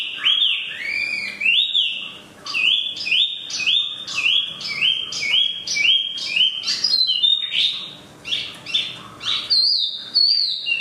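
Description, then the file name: Chinese hwamei song: a long run of loud, upswept whistled phrases repeated in series, mixed with varied slurred notes. Used for training cage birds (omkicau). "audio-hwamei-mini-2-omkicau"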